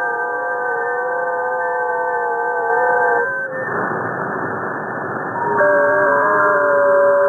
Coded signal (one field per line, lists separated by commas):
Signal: FT8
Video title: SDR Raspberry Pi OpenShot Install